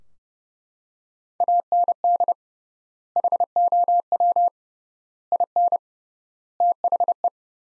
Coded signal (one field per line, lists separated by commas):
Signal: Morse code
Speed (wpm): 30 wpm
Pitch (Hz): 700 Hz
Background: none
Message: AND HOW IN THE